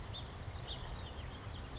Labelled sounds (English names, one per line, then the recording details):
House Finch
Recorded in Sonoma County, California